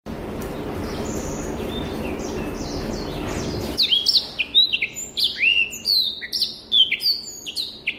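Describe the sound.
Rüppell's warbler: steady rushing noise at first, then a lively burst of sharp, clicking and downward-sliding high notes in quick succession.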